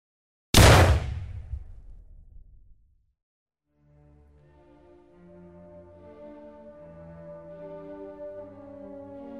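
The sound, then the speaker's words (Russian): A single loud revolver gunshot cracks out and rings off into a fading rumble, followed by a brief silence before low, sustained music swells in and slowly grows. “Человек в черном поднял револьвер и выстрелил связанному в голову.”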